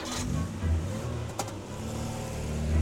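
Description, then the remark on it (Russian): A blue Mercedes car engine hums low and steady, swelling briefly as if accelerating, with a short sharp click or knock partway through and a rising rev near the end, as the car drives across the station square towards Bethlehem. “Поехали через вокзальную площадь в сторону Вифлеема.”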